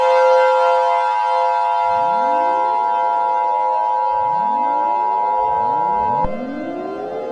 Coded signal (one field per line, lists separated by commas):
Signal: Emergency Alert System (SAME) tones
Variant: 853 and 960 Hz attention tone